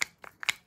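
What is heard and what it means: A plastic lid on a cosmetic makeup pot is snapped closed again to show the audible click that means it is properly closed, rather than just turned. After a sharp tap at the start and faint handling, the lid clicks shut at 0.4 and 0.5 seconds, and it is seated and closed.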